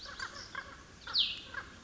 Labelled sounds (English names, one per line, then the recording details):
Cassin's Vireo
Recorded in Sonoma County, California